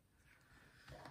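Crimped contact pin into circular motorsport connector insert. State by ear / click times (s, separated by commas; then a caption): not seated / none. A crimped terminal pin on a wire is handled at the back of a circular motorsport connector insert, where it will be pushed in until its retention clip locks. Quiet handling rustle builds gradually, with a short sharp tick right at the end around 1.1 s. Nothing has seated or clicked into place yet.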